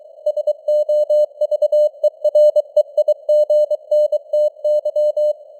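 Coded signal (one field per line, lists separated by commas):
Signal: Morse code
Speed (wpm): 23 wpm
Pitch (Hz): 600 Hz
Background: none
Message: SOVEREIGNTY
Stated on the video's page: Morse code news headlines at 23 wpm with simulated radio noise and varying signal strength (QSB).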